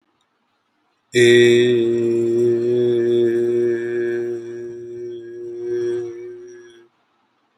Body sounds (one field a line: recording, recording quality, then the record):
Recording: sustained vowel as in made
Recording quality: excellent, no background noise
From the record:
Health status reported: healthy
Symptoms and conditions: none ticked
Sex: male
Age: 25 years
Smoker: not ticked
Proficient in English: yes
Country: India